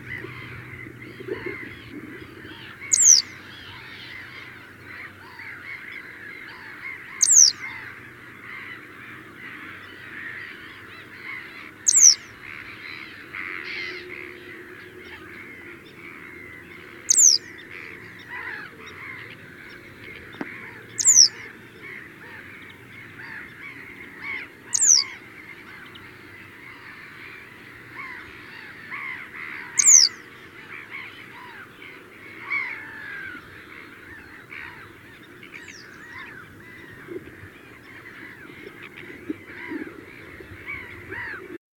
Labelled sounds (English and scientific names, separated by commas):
Western Yellow Wagtail (Motacilla flava)